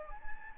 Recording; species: mosquito wingbeat signal from an infrared sensor; Anopheles gambiae